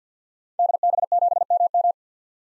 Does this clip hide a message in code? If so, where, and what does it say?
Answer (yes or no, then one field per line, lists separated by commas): yes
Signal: Morse code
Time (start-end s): 0.6-1.9 s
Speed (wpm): 50 wpm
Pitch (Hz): 700 Hz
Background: none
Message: DB7MM